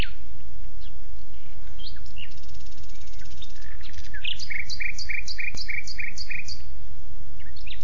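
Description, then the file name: Common nightingale singing a buzzy trill followed by a rhythmic run of sharp repeated notes, with constant low-pitched background rumble. "Luscinia megarhynchos"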